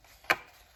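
A folded paper-card wardrobe panel held by small magnets is lifted and given a slight push so it snaps into its standing position inside the paper wardrobe card. A single sharp, bright click lands at 0.3 s against quiet background. The magnet-held card panel is seated in place.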